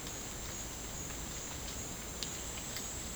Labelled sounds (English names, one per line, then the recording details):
none
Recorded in dense forest near Puerto Asís, Putumayo, Colombia, on 24 June 2025 at 15:00
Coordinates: 0.499, -76.324
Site G100